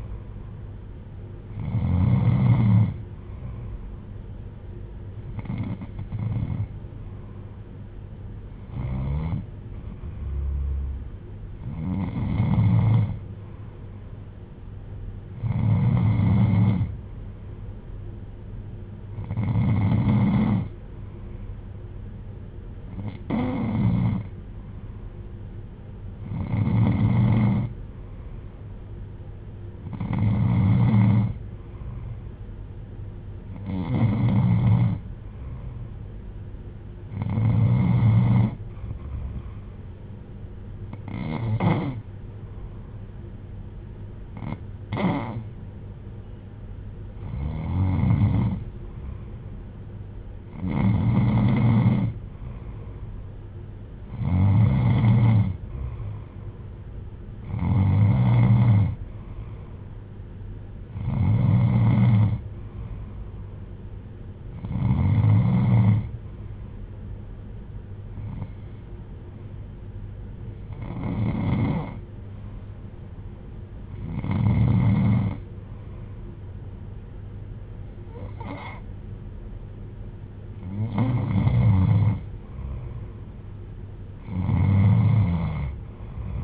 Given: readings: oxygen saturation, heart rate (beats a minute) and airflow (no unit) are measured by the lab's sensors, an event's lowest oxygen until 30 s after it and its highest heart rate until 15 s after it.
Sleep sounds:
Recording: breathing in sleep by a smartphone at the bedside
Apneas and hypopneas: none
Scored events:
none scored
From the record:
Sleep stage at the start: N2 (light sleep)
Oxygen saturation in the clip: 92 to 95%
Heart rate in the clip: 59 to 64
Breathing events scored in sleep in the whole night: 310 in 8.1 hours asleep

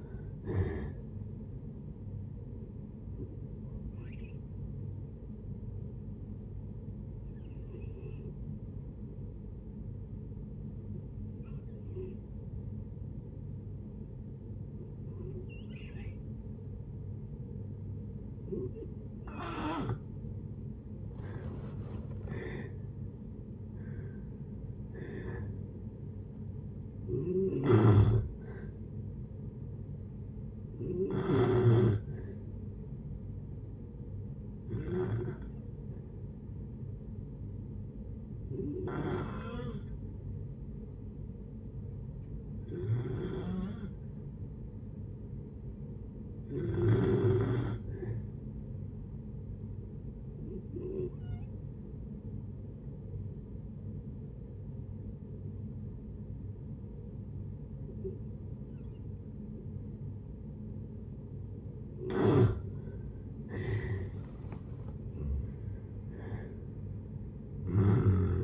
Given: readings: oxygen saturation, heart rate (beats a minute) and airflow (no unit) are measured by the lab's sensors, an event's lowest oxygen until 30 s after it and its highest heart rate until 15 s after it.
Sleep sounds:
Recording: breathing in sleep by a smartphone at the bedside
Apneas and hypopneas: 2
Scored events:
3.00-20.10 s: hypopnea (N2, oxygen 95% highest, then 86% lowest, heart rate 65 at the start, 78 highest)
13.00-43.00 s: new sleep stage, N1 (lightest sleep)
33.00-63.10 s: hypopnea (N1, oxygen 96% highest, then 84% lowest, heart rate 62 at the start, 80 highest)
43.00-68.44 s: new sleep stage, N2 (light sleep)
From the record:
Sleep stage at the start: N2 (light sleep)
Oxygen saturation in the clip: 86 to 96%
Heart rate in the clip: 55 to 78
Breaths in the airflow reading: 18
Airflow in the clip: -8.6 to 13.9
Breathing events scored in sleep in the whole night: 496 in 5.4 hours asleep

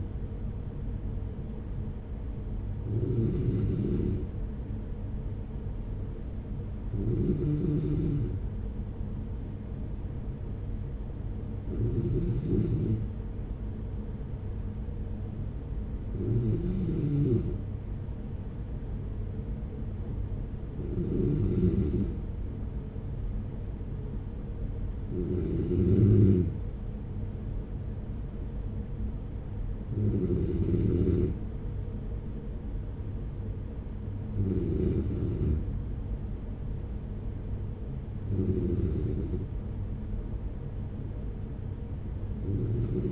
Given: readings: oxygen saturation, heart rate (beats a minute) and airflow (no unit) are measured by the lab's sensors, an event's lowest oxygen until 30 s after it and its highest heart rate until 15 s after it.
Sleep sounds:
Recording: breathing in sleep by a smartphone at the bedside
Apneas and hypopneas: none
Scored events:
none scored
From the record:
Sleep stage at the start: N3 (deep sleep)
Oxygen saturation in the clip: 94%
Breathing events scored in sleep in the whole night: 210 in 6.9 hours asleep

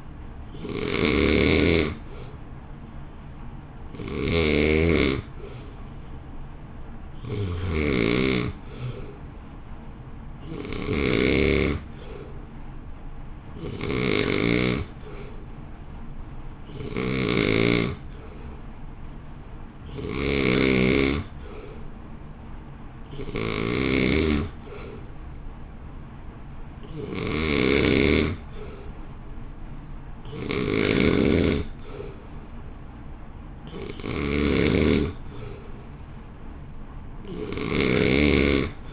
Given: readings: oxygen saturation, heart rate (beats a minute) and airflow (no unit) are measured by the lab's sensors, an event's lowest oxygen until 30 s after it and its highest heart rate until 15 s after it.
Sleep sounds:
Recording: breathing in sleep by a smartphone at the bedside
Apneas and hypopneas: none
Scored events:
none scored
From the record:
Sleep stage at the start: N2 (light sleep)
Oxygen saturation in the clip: 90 to 91%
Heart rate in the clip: 56 to 59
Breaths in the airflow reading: 16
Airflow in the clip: -1.5 to 1.1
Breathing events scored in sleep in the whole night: 328 in 6.3 hours asleep

